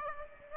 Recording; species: mosquito wingbeat signal from an infrared sensor; Aedes aegypti